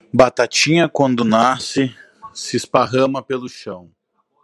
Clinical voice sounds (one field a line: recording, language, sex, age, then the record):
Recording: short text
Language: Brazilian Portuguese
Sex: male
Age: 40 to 49 years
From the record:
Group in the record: control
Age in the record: 41 years